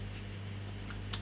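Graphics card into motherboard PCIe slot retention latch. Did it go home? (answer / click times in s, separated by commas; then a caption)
yes / 1.0 s, 1.1 s. A Sapphire Pulse Radeon RX560 graphics card is pushed into a motherboard's PCIe x16 slot over a steady low hum. Sharp clicks at 1.0 and 1.1 seconds mark the plastic retention latch snapping into place, locking the card in the slot.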